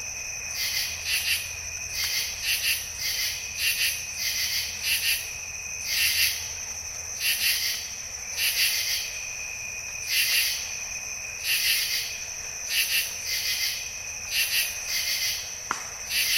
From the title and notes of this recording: Jessamine Bayou is a seasonally flooded forest in the heart of America's Amazon, the Mobile-Tensaw River Delta. These recordings are taken from overnight "drop rigs" left at the edge of a tributary surrounded cypress swamp and adjacent to a field of saw palmetto. In the evening a diffuse chorus of bird-voiced treefrogs. Recorded June 16-17 2021 in the Mobile-Tensaw Delta of Alabama by David Michael and Michael Clemow.